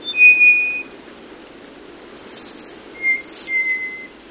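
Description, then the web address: Black-faced solitaire singing pure, drawn-out flute-like whistles at differing pitches, separated by short pauses. Eerie, gorgeous song of a slate-gray bird in Costa Rica's wet mountain forests, sung while moving furtively in dense understory; hard to locate, it moves to protect itself. "Birdnote. Black faced Solitaire Elusive Singer"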